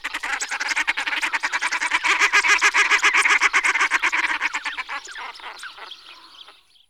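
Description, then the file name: Common shelduck cackling: a loud, rapid series of harsh nasal notes that holds steady, then fades into thinner, higher calls at the end. "Husice lisci Tadorna tadorna"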